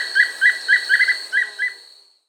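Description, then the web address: Wing-barred piprites whistling a brief series of about seven crisp notes, fading out at the end against a steady high hum. Recorded in Peru. "Birds of the Amazon 3. Wing-barred Manakin (Piprites chloris), Peru"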